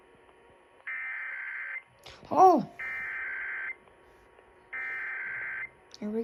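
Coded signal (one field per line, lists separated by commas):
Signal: Emergency Alert System (SAME) tones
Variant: header bursts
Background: speech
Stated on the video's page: Required Monthly Test heard on AM broadcast stations 650 and 1510 in Tennessee.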